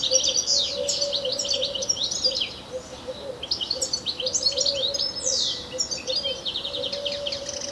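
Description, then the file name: European goldfinch song, rapid tinkling twitters and buzzy trills in bursts, with a low steady hum beneath. "Carduelis carduelis"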